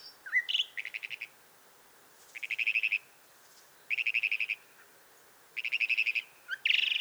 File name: Northern Mockingbird - Mimus polyglottos